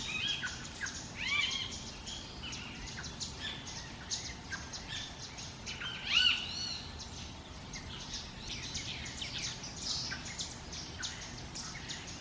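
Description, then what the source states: Parrot squawks, a few bright arched calls standing out from a busy background of twittering birds. Jungle ambience.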